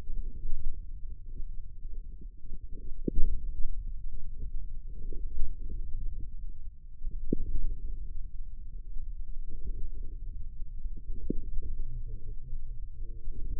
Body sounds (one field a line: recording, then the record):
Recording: forearm muscle sounds (acoustic myography)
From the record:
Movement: wrist flexion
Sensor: system 2, bracelet of six BSWA MPA416 microphones around the upper forearm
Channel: 6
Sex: male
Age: 22 years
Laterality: right